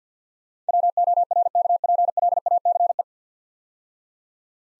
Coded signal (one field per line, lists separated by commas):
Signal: Morse code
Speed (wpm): 48 wpm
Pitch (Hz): 700 Hz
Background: none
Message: WORKPLACE